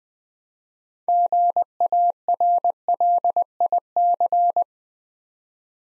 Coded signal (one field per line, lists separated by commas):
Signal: Morse code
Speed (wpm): 20 wpm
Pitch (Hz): 700 Hz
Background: none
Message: GARLIC